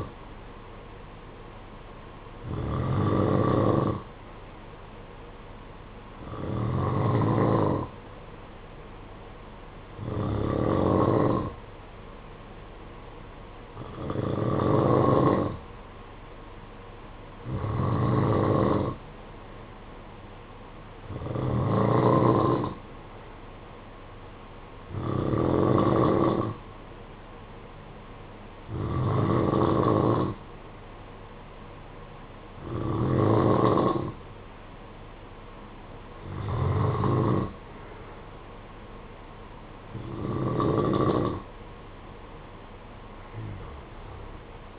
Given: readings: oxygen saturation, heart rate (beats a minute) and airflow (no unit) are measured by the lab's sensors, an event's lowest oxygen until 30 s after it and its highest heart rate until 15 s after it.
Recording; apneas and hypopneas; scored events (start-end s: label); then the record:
breathing in sleep by a voice recorder at the bedside; none
32.00-44.79 s: new sleep stage, N2 (light sleep)
From the record:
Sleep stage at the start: N3 (deep sleep); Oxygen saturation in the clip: 90 to 92%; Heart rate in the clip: 53 to 57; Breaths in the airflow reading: 12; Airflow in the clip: -7.2 to 7.7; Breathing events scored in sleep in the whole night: 476 in 9.7 hours asleep